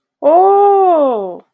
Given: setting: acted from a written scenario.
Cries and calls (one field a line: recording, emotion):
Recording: vocal sound without words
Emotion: triumph